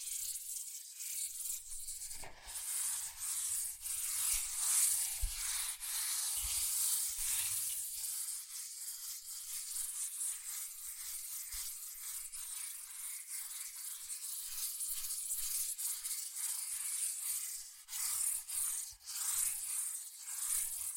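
Fast scratching and tracing on cardboard and paper, a dense, bright, rubbing hiss that runs nearly continuously for the whole stretch. Small taps and soft knocks break through now and then, with a sharper thump around two seconds and brief dips near eighteen seconds.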